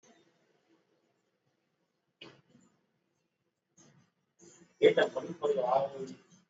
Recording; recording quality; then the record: shallow breathing; moderate, slight background noise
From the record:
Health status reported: exposed to COVID-19, no respiratory illness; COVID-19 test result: not tested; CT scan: not taken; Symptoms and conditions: none ticked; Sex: male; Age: 31 years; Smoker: yes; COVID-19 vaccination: both doses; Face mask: worn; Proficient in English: yes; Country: India